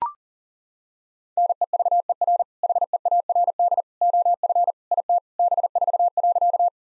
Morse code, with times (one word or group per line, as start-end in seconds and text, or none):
1.4-2.4 NEVER
2.6-3.8 HEARD
4.0-4.7 OF
4.9-5.2 IT
5.4-6.7 B4.